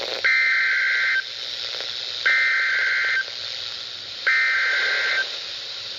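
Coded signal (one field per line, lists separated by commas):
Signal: Emergency Alert System (SAME) tones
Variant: header bursts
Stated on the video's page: Severe thunderstorm watch on a NOAA weather radio station.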